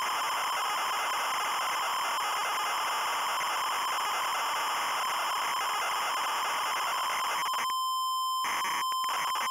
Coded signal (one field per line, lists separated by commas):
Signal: ZX Spectrum tape loading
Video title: Rakitic ya es del Barcelona (ZX Spectrum) - Loading screen